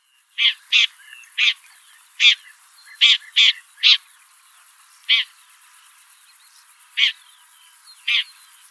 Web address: lanius collurio call